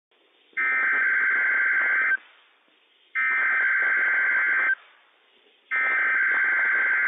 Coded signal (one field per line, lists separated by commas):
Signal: Emergency Alert System (SAME) tones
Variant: header bursts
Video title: WWF56 - NWS PDT Required Weekly Test - EAS #20 - 12/2/20